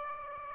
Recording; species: mosquito wingbeat signal from an infrared sensor; Aedes aegypti